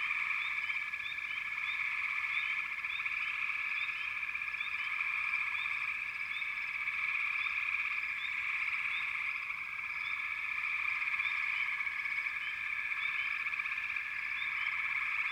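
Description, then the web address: Frog chorus, a dense steady drone of many calling frogs with overlapping trills and faint repeated chirps layered on top, unbroken throughout. Frog chorus in the American wilds. "Echoes of Nature - American Wilds. Frog Chourus"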